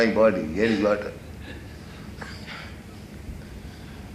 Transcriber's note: laughter